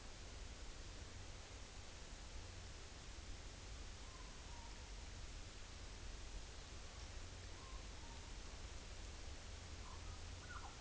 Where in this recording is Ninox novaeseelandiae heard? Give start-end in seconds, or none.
3.99-4.83, 7.52-8.15